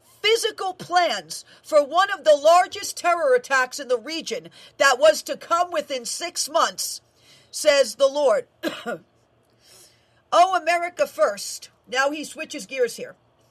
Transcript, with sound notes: physical plans for one of the largest terror attacks in the region that was to come within six months,' says the Lord." (coughs) "'Oh, America First.'" Now, he switches gears here.